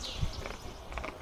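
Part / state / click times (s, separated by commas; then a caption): electrical wiring plug into its socket on the diesel engine top end / seated / 0.5 s, 1.0 s. Electrical wiring plugs on the rocker cover area of a Land Rover Defender TD5 diesel engine are pushed firmly onto their sockets. Short, sharp clicks are heard at 0.5 s and 1.0 s over a low background. The plugs click into place and are fully seated.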